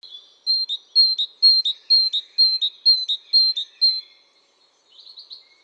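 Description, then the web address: Great tit song, a steady string of clear two-note whistled phrases, about two per second, followed by a few faint notes. "SETE data Parus major"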